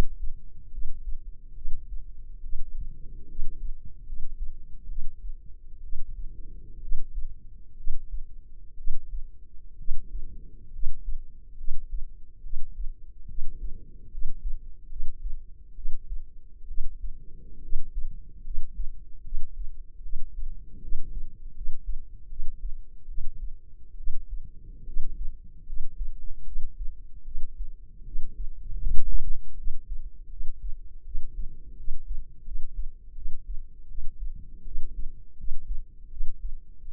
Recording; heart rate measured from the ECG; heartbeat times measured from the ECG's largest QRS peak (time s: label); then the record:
heart sounds by microphone in the left ear; 73 bpm
0.68 s: heartbeat
1.52 s: heartbeat
2.40 s: heartbeat
3.26 s: heartbeat
4.03 s: heartbeat
4.86 s: heartbeat
5.80 s: heartbeat
6.79 s: heartbeat
7.74 s: heartbeat
8.75 s: heartbeat
9.75 s: heartbeat
10.70 s: heartbeat
11.55 s: heartbeat
12.40 s: heartbeat
13.25 s: heartbeat
14.08 s: heartbeat
14.87 s: heartbeat
15.73 s: heartbeat
16.65 s: heartbeat
17.59 s: heartbeat
18.41 s: heartbeat
19.21 s: heartbeat
20.00 s: heartbeat
20.79 s: heartbeat
21.52 s: heartbeat
22.27 s: heartbeat
23.05 s: heartbeat
23.94 s: heartbeat
24.83 s: heartbeat
25.63 s: heartbeat
26.43 s: heartbeat
27.22 s: heartbeat
28.02 s: heartbeat
28.77 s: heartbeat
29.54 s: heartbeat
30.27 s: heartbeat
31.02 s: heartbeat
31.74 s: heartbeat
32.42 s: heartbeat
33.13 s: heartbeat
33.85 s: heartbeat
34.62 s: heartbeat
35.35 s: heartbeat
36.08 s: heartbeat
36.82 s: heartbeat
From the record:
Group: healthy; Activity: rest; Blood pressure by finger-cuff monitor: 118/67 mmHg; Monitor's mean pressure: 84 mmHg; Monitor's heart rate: 71 bpm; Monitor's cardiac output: 7 L/min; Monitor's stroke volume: 98 mL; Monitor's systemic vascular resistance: 870 dyn s/cm5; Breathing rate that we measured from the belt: 17 breaths a minute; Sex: female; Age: 23 years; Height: 160 cm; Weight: 50.4 kg